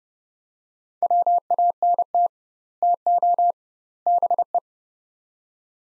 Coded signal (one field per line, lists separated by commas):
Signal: Morse code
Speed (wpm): 31 wpm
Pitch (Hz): 700 Hz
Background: none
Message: WANT TO BE